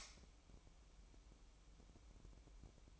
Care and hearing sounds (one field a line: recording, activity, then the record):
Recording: daily activity, microphone in the room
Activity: light on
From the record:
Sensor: 1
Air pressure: 1007.9 hPa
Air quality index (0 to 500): 120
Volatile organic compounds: 2 ppm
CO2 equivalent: 1016 ppm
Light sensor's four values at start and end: 11/27/11/12 and 21/65/26/27